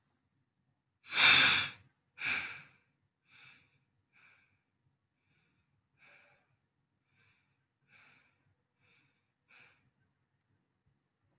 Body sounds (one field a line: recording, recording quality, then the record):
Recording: shallow breathing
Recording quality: excellent, no background noise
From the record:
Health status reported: respiratory illness, not identified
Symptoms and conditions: cough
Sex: male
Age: 32 years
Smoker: yes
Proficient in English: yes